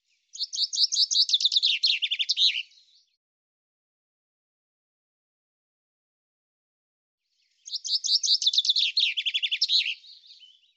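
Common chaffinch song: two bright, rattling descending phrases of about two and a half seconds, each closing with a short flourish, about five seconds apart against a quiet background.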